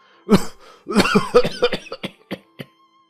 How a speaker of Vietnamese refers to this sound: Ông cụ Báu bật ho sặc sụa.